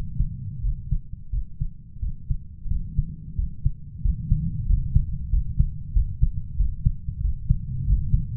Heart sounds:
heart sounds by stethoscope; 91 bpm
0.64 s: heartbeat
1.33 s: heartbeat
2.03 s: heartbeat
2.71 s: heartbeat
3.39 s: heartbeat
4.05 s: heartbeat
4.69 s: heartbeat
5.33 s: heartbeat
5.96 s: heartbeat
6.60 s: heartbeat
7.24 s: heartbeat
7.88 s: heartbeat
From the record:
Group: healthy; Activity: rest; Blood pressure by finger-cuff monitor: 137/68 mmHg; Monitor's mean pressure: 87 mmHg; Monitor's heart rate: 89 bpm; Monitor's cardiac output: 8.5 L/min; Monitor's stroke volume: 94 mL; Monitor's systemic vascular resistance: 790 dyn s/cm5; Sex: male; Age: 21 years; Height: 175 cm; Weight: 72.6 kg

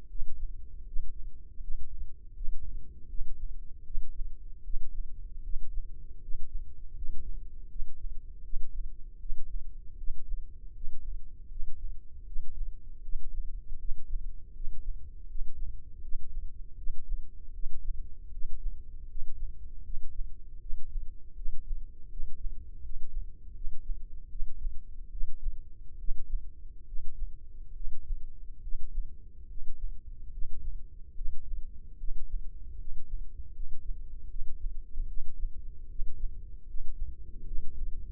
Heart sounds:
heart sounds by microphone in the right ear; 77 bpm
0.08 s: heartbeat
0.85 s: heartbeat
1.60 s: heartbeat
2.34 s: heartbeat
3.08 s: heartbeat
3.84 s: heartbeat
4.63 s: heartbeat
5.42 s: heartbeat
6.20 s: heartbeat
6.94 s: heartbeat
7.69 s: heartbeat
8.43 s: heartbeat
9.19 s: heartbeat
9.97 s: heartbeat
10.73 s: heartbeat
11.49 s: heartbeat
12.25 s: heartbeat
13.02 s: heartbeat
13.78 s: heartbeat
14.53 s: heartbeat
15.27 s: heartbeat
16.01 s: heartbeat
16.76 s: heartbeat
17.53 s: heartbeat
18.31 s: heartbeat
19.07 s: heartbeat
19.83 s: heartbeat
20.60 s: heartbeat
21.35 s: heartbeat
22.09 s: heartbeat
22.81 s: heartbeat
23.54 s: heartbeat
24.29 s: heartbeat
25.10 s: heartbeat
25.97 s: heartbeat
26.86 s: heartbeat
27.74 s: heartbeat
28.61 s: heartbeat
29.47 s: heartbeat
30.31 s: heartbeat
31.15 s: heartbeat
31.97 s: heartbeat
32.77 s: heartbeat
33.53 s: heartbeat
34.28 s: heartbeat
35.06 s: heartbeat
35.88 s: heartbeat
36.66 s: heartbeat
37.45 s: heartbeat
38.06 s: heartbeat
From the record:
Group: healthy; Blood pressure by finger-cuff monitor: 114/68 mmHg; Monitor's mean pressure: 78 mmHg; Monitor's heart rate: 79 bpm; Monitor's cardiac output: 7.1 L/min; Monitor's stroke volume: 92 mL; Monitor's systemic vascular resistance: 780 dyn s/cm5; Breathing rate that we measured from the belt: 16 breaths a minute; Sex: male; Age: 19 years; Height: 178 cm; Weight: 83 kg

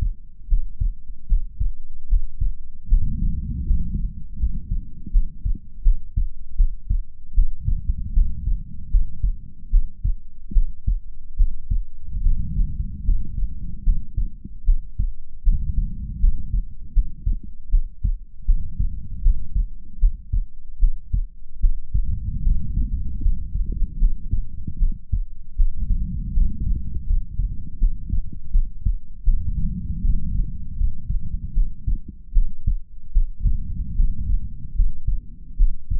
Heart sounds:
heart sounds by stethoscope; 77 bpm
0.47 s: heartbeat
1.26 s: heartbeat
2.07 s: heartbeat
2.87 s: heartbeat
3.64 s: heartbeat
4.37 s: heartbeat
5.10 s: heartbeat
5.81 s: heartbeat
6.55 s: heartbeat
7.33 s: heartbeat
8.12 s: heartbeat
8.89 s: heartbeat
9.69 s: heartbeat
10.51 s: heartbeat
11.35 s: heartbeat
12.20 s: heartbeat
13.03 s: heartbeat
13.82 s: heartbeat
14.63 s: heartbeat
15.42 s: heartbeat
16.18 s: heartbeat
16.91 s: heartbeat
17.69 s: heartbeat
18.44 s: heartbeat
19.20 s: heartbeat
19.98 s: heartbeat
20.78 s: heartbeat
21.59 s: heartbeat
22.41 s: heartbeat
23.20 s: heartbeat
23.97 s: heartbeat
24.77 s: heartbeat
25.55 s: heartbeat
26.32 s: heartbeat
27.04 s: heartbeat
27.77 s: heartbeat
28.50 s: heartbeat
29.23 s: heartbeat
30.00 s: heartbeat
30.75 s: heartbeat
31.52 s: heartbeat
32.31 s: heartbeat
33.11 s: heartbeat
33.94 s: heartbeat
34.73 s: heartbeat
35.55 s: heartbeat
From the record:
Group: healthy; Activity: rest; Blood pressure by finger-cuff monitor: 97/60 mmHg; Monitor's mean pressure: 75 mmHg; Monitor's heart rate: 77 bpm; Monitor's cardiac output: 6.5 L/min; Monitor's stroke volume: 84 mL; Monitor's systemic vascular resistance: 830 dyn s/cm5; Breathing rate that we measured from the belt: 16 breaths a minute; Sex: female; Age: 26 years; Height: 165 cm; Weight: 55 kg

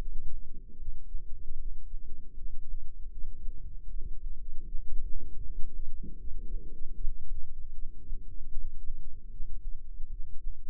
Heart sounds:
heart sounds by microphone in the left ear; 77 bpm
0.75 s: heartbeat
1.55 s: heartbeat
2.33 s: heartbeat
3.09 s: heartbeat
3.85 s: heartbeat
4.62 s: heartbeat
5.39 s: heartbeat
6.15 s: heartbeat
6.92 s: heartbeat
7.70 s: heartbeat
8.49 s: heartbeat
9.27 s: heartbeat
10.07 s: heartbeat
From the record:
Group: healthy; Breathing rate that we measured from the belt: 21 breaths a minute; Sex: female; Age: 43 years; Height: 160 cm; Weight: 90 kg

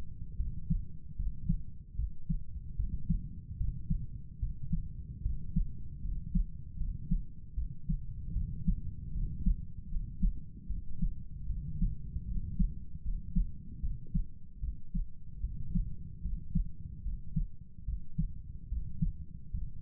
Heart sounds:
heart sounds by stethoscope; 75 bpm
0.37 s: heartbeat
1.16 s: heartbeat
1.96 s: heartbeat
2.76 s: heartbeat
3.57 s: heartbeat
4.39 s: heartbeat
5.22 s: heartbeat
6.02 s: heartbeat
6.77 s: heartbeat
7.55 s: heartbeat
8.33 s: heartbeat
9.12 s: heartbeat
9.89 s: heartbeat
10.67 s: heartbeat
11.47 s: heartbeat
12.26 s: heartbeat
13.03 s: heartbeat
13.81 s: heartbeat
14.60 s: heartbeat
15.41 s: heartbeat
16.22 s: heartbeat
17.03 s: heartbeat
17.85 s: heartbeat
18.69 s: heartbeat
19.51 s: heartbeat
From the record:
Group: healthy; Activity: rest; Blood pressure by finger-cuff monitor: 119/73 mmHg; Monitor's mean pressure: 86 mmHg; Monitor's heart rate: 75 bpm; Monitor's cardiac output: 7.2 L/min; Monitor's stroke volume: 95 mL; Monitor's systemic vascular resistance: 870 dyn s/cm5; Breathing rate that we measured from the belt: 18 breaths a minute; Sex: male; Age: 35 years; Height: 180 cm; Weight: 86.9 kg

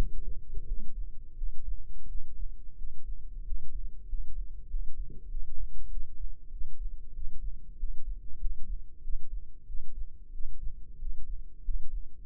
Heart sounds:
heart sounds by microphone in the left ear; 93 bpm
0.65 s: heartbeat
1.34 s: heartbeat
2.06 s: heartbeat
2.75 s: heartbeat
3.42 s: heartbeat
4.06 s: heartbeat
4.67 s: heartbeat
5.28 s: heartbeat
5.88 s: heartbeat
6.49 s: heartbeat
7.12 s: heartbeat
7.76 s: heartbeat
8.38 s: heartbeat
9.01 s: heartbeat
9.65 s: heartbeat
10.31 s: heartbeat
10.97 s: heartbeat
11.61 s: heartbeat
12.25 s: heartbeat
From the record:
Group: healthy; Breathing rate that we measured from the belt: 16 breaths a minute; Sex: male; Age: 21 years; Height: 180 cm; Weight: 67.5 kg

